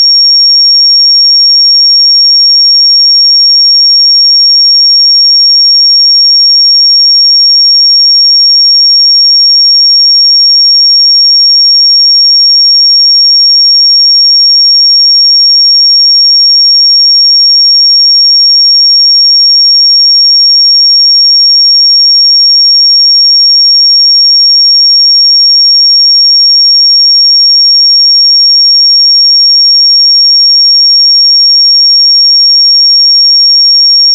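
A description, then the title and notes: A pure sine tone at 5548 Hz sounds as a single thin, bright whistle. It holds perfectly steady in pitch and loudness for the whole 34 seconds, with no breaks, no other sounds and complete silence around it. 5548 Hz 1 Hz Interval Sine Pure Tone Frequency 441000 Sample Mono.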